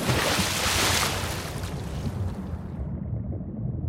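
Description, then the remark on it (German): Water splashes and sloshes around a small sailboat that capsized while sailing along the coast, a loud hissing burst at first that settles into a lower, steady churning of water with no voices. “Er fuhr mit einem kleinen Segelboot die Küste entlang und kenterte.”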